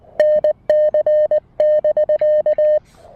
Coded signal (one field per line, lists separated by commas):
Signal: Morse code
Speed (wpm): 19 wpm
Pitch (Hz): 3050 Hz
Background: none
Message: NC <BK>